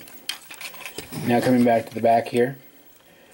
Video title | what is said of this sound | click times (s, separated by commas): TF: Age of Extinction Voyager Galvatron - Awesome Reviews #68 | up his head which will click into place now | 0.3 s